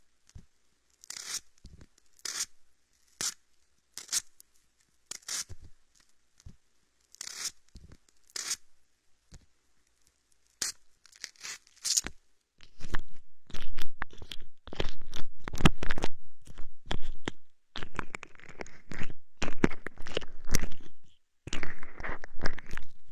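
Homemade aloe gel is worked around the ears in a massage, starting with sparse, crisp taps and crackles about once a second. After twelve seconds the sounds turn dense and louder: continuous squelching, rubbing and crinkling with brief pauses, some bursts brighter and hissier.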